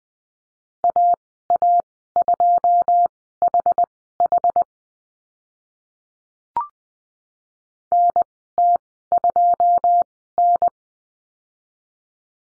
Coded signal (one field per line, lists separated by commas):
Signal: Morse code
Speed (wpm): 20 wpm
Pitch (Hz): 700 Hz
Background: none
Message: AA2HH NT2N